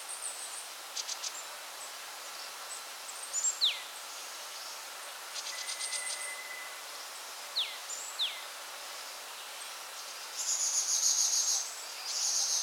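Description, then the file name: Bird whistles dropping steeply in pitch, heard several times, alongside pulsed buzzy insect bursts and a long loud insect buzz near the end. Birds in a forest at Alishan. "alishan 2 005 birds in the forest"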